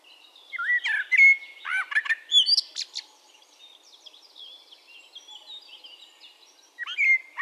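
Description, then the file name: Common blackbird song: mellow whistled phrases with quick slurred notes and a thin, squeaky ending, then quieter high chirping before another phrase starts. "Turdus merula"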